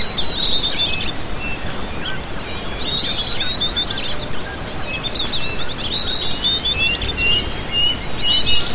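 Bird chirps and brief whistled phrases come in clusters, set against an unbroken high-pitched hum and a low noisy rumble.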